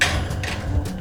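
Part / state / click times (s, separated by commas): shelving unit leg into the shelf frame / not seated / none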